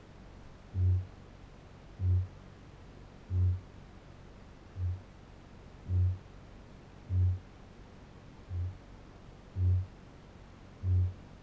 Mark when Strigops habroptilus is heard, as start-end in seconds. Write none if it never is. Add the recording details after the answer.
0.00-11.43. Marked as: faintness 2/5. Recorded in New Zealand. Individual Barnard